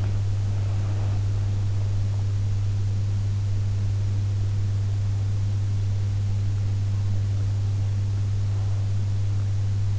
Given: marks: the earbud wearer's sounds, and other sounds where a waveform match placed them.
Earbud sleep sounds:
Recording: sounds in sleep by an in-ear microphone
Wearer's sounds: body movement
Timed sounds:
0.00-1.21 s: body movement

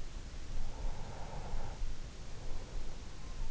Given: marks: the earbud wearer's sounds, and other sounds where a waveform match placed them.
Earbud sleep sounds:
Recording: sounds in sleep by an in-ear microphone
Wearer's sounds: breath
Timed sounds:
0.52-3.49 s: breath

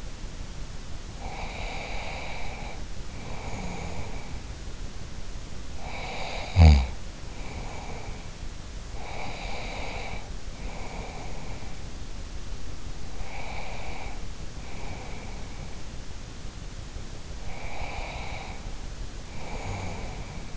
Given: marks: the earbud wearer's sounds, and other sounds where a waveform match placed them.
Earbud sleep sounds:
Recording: sounds in sleep by an in-ear microphone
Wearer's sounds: breath, snoring breath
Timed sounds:
0.94-4.65 s: breath
5.64-8.65 s: snoring breath
8.65-11.92 s: breath
13.13-15.84 s: breath
17.18-20.57 s: breath

